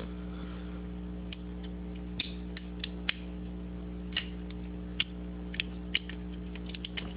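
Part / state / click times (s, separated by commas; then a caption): cylinder base pin going into a revolver frame / seated / 6.0 s. A steel cylinder base pin is pushed into the frame of a single-action .22 revolver as the swapped cylinder is refitted after repeated attempts. A series of sharp metallic clicks and taps rises over a steady low hum. The pin clicks home into the frame at 6.0 seconds, and the cylinder is seated.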